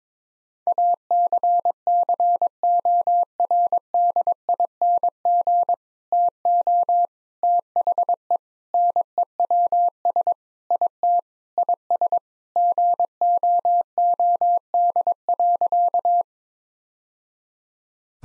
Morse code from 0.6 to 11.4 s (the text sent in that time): ACCORDING TO THE NEWS IT